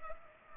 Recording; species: mosquito wingbeat signal from an infrared sensor; Culex pipiens